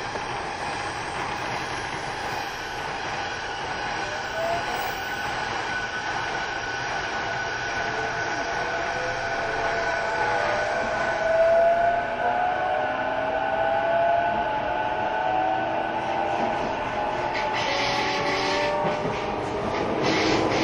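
A train runs steadily, its low rumble and rattling wheels filling the whole recording. From around seven seconds, whining tones from the motors glide and overlap, rising and falling in pitch. Near the end, short bursts of hiss and clatter cut in over the steady roar.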